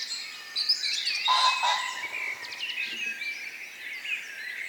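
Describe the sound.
Birds chirping, several overlapping high twitters and whistles, with a louder burst of notes around one and a half seconds.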